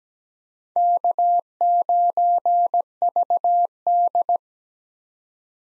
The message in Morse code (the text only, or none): K9VD